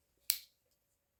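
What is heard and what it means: The cap lifter tool on a SWIZA pocket utility knife is closed into the handle and snaps into place on its spring with a sharp, bright click at 0.3 s that rings briefly. A faint tick follows at about 1.2 s. The tool seats with a good, firm snap.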